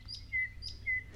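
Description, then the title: Thrush nightingale song phrase of two clear, level whistled notes about half a second apart, with faint higher chirps around them. "Viikon luontoääni: Satakieli"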